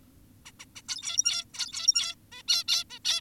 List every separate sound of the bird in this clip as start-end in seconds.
0.46-0.52, 0.60-0.65, 0.76-0.82, 0.89-1.45, 1.54-2.15, 2.32-2.43, 2.48-2.64, 2.68-2.84, 2.90-2.99, 3.05-3.21